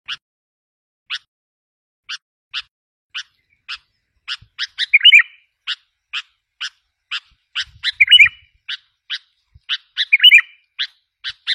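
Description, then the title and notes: Sooty-headed bulbul calls: a series of sharp chips, widely spaced at first and then closer together, with occasional short bubbly warbles. "Kicau Burung Kutilang"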